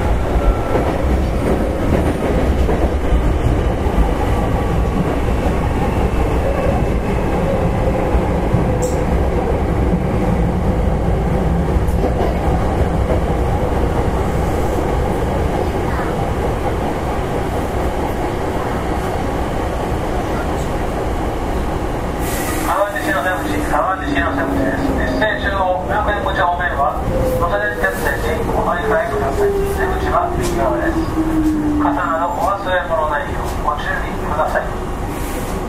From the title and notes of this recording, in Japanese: 阪急6000系 宝塚線急行 梅田から宝塚まで。It is running sound of Hankyu Railway 6000 series train.I recorded on the express train of Takarazuka Line.The section is from Umeda to Takarazuka.電車の走行音。